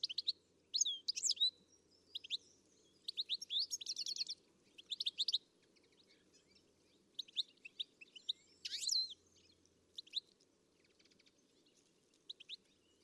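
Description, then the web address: Bird calls, high chirps and short twittering bursts in scattered clusters with gaps between, over a steady low hum. "Deverinetal. Bird Only"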